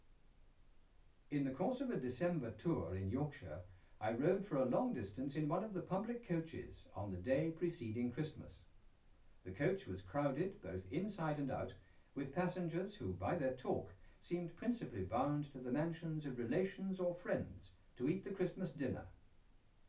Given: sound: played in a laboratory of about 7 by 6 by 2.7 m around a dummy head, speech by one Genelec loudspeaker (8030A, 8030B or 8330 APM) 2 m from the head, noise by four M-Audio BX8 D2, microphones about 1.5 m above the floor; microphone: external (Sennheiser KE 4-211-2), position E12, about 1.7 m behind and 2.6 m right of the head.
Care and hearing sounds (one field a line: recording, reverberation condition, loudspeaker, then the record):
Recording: male speech in English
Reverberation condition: low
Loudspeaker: in front (0 degrees)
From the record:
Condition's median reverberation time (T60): about 310 ms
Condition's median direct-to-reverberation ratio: about 3.5 dB